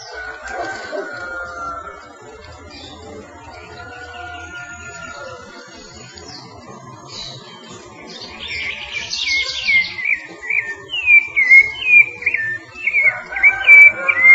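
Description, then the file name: Rufous-bellied thrush: after a quiet start with faint drawn-out tones, Rufous-bellied thrush whistles burst in, a quick repeated string of slurred notes with high twittering. "Turdus rufiventris"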